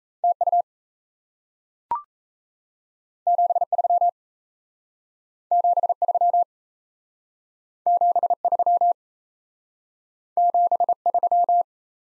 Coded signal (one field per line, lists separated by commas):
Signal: Morse code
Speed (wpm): 36 wpm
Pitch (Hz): 700 Hz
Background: none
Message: TU 73 73 73 73